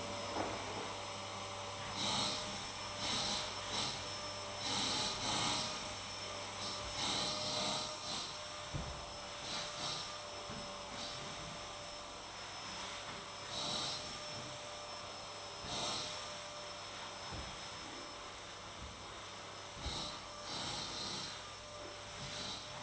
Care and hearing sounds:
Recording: daily activity, microphone in the room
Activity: vacuum cleaning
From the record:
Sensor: 3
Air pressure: 1000.1 hPa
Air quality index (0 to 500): 136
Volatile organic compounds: 2 ppm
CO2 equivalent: 1210 ppm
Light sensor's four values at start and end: 38/98/41/45 and 40/103/43/48

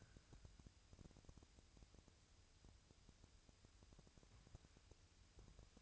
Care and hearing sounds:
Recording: daily activity, microphone in the room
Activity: wipe stove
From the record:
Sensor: 2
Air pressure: 1001.5 hPa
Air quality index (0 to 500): 226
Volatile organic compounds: 25 ppm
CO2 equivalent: 2830 ppm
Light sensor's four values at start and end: 7/26/10/9 and 7/26/10/9

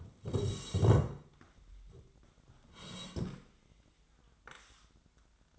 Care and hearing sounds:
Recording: daily activity, microphone in the room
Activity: sit down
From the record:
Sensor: 3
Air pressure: 1012.3 hPa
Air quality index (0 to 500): 174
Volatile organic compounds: 3 ppm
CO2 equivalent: 1331 ppm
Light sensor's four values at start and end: 55/140/62/66 and 99/214/103/118

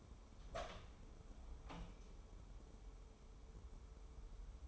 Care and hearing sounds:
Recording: daily activity, microphone in the room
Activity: open door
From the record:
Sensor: 1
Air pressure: 1015.1 hPa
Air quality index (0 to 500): 115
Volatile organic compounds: 4 ppm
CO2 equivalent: 1567 ppm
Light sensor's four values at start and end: 14/33/14/15 and 14/33/14/15

